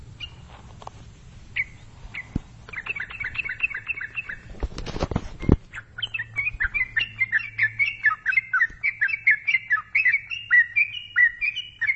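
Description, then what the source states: Yellow-vented bulbul delivering scattered chirps, a loud noise burst, then a long fast stream of lively rising and falling notes over a low hum. Described as a champion songster.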